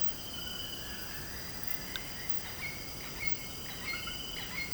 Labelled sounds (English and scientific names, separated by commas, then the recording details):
none
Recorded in pastures near Puerto Asís, Putumayo, Colombia, on 12 March 2025 at 18:00
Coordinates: 0.472, -76.329
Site G074